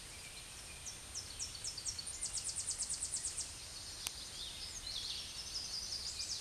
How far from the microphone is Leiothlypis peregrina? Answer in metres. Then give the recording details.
about 5 m. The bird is about level with the microphone. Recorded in a Pennsylvania forest on 16 May 2024 at 07:25. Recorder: AudioMoth, point MSD-0665. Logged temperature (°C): 16.1 °C. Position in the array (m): 69 m, 92 m